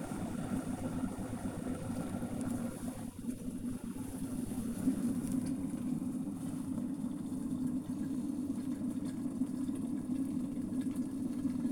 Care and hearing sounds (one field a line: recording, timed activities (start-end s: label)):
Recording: household activities, microphone on the right wrist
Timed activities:
0.00-11.72 s: making tea